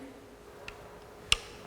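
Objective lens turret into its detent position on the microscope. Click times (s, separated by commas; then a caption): 1.3 s. The revolving nosepiece of an optical microscope is turned from the 10x objective to the high-power objective, and a faint tick at 0.7 s comes before a sharp, bright click at 1.3 s. The click is the objective turret locking into its detent, seating the high-power objective in place.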